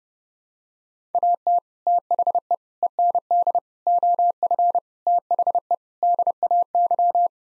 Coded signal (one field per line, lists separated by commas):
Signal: Morse code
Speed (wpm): 30 wpm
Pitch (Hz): 700 Hz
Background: none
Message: AT THE END OF THE DAY